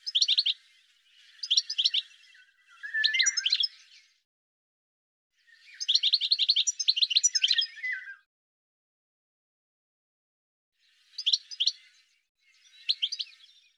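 Bird song: bursts of rapid high chirping notes, some ending in a lower slurred note, with long pauses between phrases.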